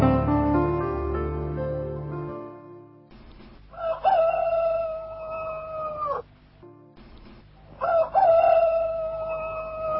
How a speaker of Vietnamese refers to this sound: Trời gần sáng, trong mấy xóm ở dọc theo khúc lộ từ cầu Mồng Gà lên chợ Cần Giuộc, gà gáy vang rân tiếp nhau kêu nông phu thức dậy mà đi ra ruộng.